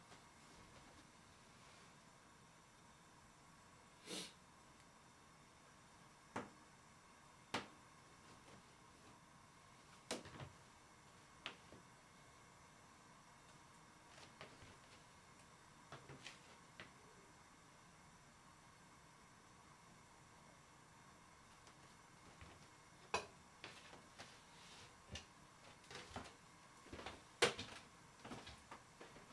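Kitchen clatter after washing up: sharp, isolated clinks and knocks of dishes or utensils land every few seconds over a steady, quiet hum with a faint held tone. Near the end the knocks come closer together, the loudest around 27 seconds.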